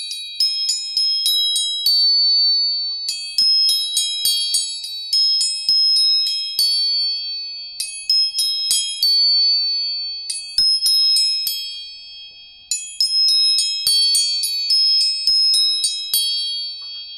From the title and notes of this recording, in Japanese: 音叉チューニング全体性。